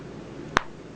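A gray magnetic Apple smart cover is closed over a tablet screen, making a single sharp click at 0.6 s against a low background hum. The cover clicks shut and sits closed. No one speaks during the clip.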